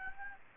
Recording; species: mosquito wingbeat signal from an infrared sensor; Aedes albopictus